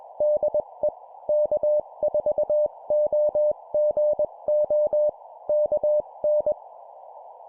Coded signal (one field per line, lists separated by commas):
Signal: Morse code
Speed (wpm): 21 wpm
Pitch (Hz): 600 Hz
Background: none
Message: DE K4OGO KN